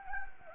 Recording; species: mosquito wingbeat signal from an infrared sensor; Anopheles gambiae